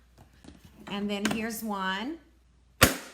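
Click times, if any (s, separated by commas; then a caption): 2.8 s. Someone talks, then the second plastic folding flap of a Stampin' Cut & Emboss die-cutting machine is closed onto the machine body. It snaps shut with one sharp, loud click at 2.8 s, and the flap is seated.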